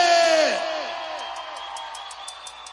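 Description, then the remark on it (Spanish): An audience in San Juan de Aragón bursts into a loud, roaring shout with whoops and yells, a cheer dedicated to songwriter Cecilio Pedraza, peaking at once and then gradually fading over a couple of seconds, with faint scattered claps underneath. “Y vamos a brindarle un grito bien fuerte para mi hermano Cecilio, dice.”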